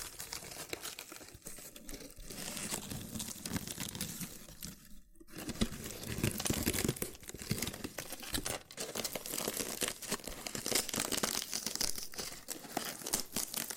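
Loofah triggers: dense, rough crinkling and scratchy peeling run almost without pause, full of quick crackles and small pops across the whole range. A brief near-silent gap comes just after five seconds before the busy rustling resumes, steady and uneven to the end.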